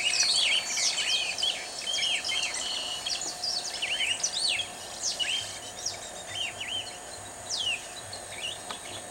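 Yellow-rumped marshbird calls: a busy chorus of sweeping, slurred high whistles and chatter, overlapping irregularly, with steady background hiss.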